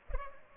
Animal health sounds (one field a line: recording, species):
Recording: mosquito wingbeat signal from an infrared sensor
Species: Culex pipiens